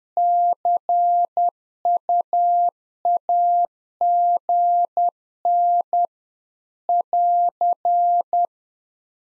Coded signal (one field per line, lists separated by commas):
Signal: Morse code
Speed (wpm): 10 wpm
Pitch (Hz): 700 Hz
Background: none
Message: CUAGN <AR>